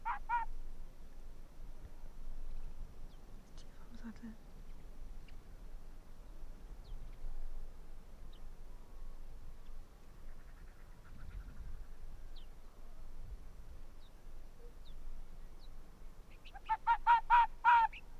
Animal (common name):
Arctic Fox